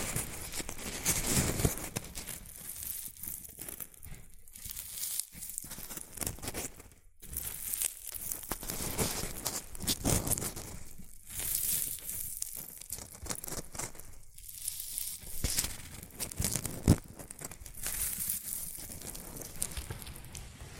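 Shredded tissue and packing peanuts rustle and crinkle in dense, irregular bursts, with brief quieter gaps and a sharp crackle near seventeen seconds.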